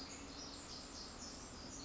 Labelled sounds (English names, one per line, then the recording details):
Pacific Wren
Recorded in Sonoma County, California